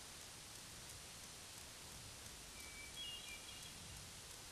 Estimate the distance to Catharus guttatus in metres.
about 50 m